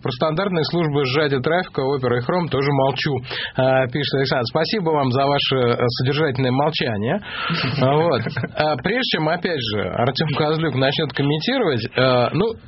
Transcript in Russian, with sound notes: – Про стандартные службы сжатия трафика Оперы и Хрома тоже молчу», - пишет Александр. Спасибо вам за ваше содержательное молчание. (смех) Вот. Прежде чем, опять же, Артем Козлюк начнет комментировать, ну,